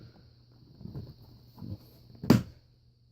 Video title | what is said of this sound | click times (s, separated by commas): Camilius Les Stroud SK Arktic | you could hear that it clicks in really solidly so you know it's in there so | 2.3 s